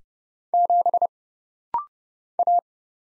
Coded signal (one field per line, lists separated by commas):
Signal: Morse code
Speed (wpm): 29 wpm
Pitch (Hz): 700 Hz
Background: none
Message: 7 A